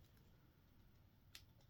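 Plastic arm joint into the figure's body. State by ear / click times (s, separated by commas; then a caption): not seated / none. Someone tries to snap the plastic arm joint of a transforming Combatacon Brawn figure into its body, producing faint handling rustle and a brief sharp tick around 1.4 s. Nothing has seated or clicked yet; the arm fails to snap in.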